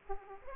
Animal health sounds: mosquito wingbeat signal from an infrared sensor; Aedes aegypti

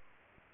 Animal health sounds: mosquito wingbeat signal from an infrared sensor; Aedes aegypti

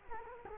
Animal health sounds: mosquito wingbeat signal from an infrared sensor; Culex quinquefasciatus

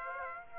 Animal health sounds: mosquito wingbeat signal from an infrared sensor; Aedes aegypti

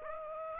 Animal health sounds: mosquito wingbeat signal from an infrared sensor; Aedes aegypti

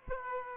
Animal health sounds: mosquito wingbeat signal from an infrared sensor; Aedes aegypti

